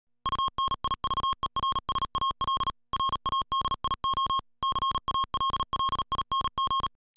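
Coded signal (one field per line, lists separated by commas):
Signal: Morse code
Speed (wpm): 37 wpm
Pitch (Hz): 1080 Hz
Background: music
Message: UNIVERSAL RADIO CALLING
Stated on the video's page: Yaesu FT-991 HF through UHF transceiver.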